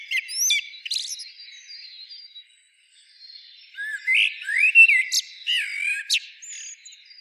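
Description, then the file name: Eurasian blackbird, high squeaky twittering first, then a brief hush, then a fresh phrase of mellow whistled notes rising into sharp high chips. "Turdus merula"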